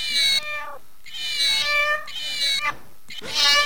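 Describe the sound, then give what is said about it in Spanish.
A cat meows about four times in quick succession, each cry high-pitched and whiny with a rising and falling tone, fairly loud with short pauses between. “Tenemos un gatito acá.”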